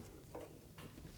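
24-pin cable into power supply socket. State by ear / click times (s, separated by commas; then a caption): not seated / none. A 24-pin power cable is handled at the socket of a modular power supply, giving soft rustling and light plastic contact sounds with a small tap at 0.3 s. Nothing has seated or clicked into place yet.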